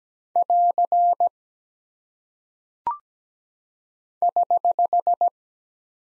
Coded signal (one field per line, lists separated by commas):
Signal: Morse code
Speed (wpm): 17 wpm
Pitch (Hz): 700 Hz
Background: none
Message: <AR> <HH>